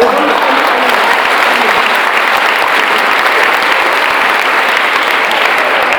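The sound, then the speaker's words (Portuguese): Steady audience applause fills the whole stretch, a dense, loud wash of many hands clapping with no pauses and no one speaking. “Aí não aplaudi sozinho, não acredito.”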